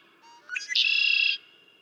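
Red-winged blackbird song: soft introductory notes, a quick rising note, then a loud buzzy trill lasting about half a second.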